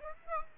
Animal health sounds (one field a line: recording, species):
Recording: mosquito wingbeat signal from an infrared sensor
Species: Aedes aegypti